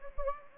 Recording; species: mosquito wingbeat signal from an infrared sensor; Anopheles gambiae